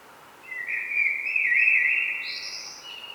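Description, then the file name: Common blackbird delivering one sustained, melodious whistled phrase, finishing with a higher, thinner flourish. "Turdus merula"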